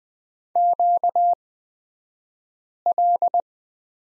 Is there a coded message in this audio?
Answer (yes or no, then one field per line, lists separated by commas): yes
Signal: Morse code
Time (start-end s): 0.6-3.4 s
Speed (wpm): 20 wpm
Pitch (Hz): 700 Hz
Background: none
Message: QL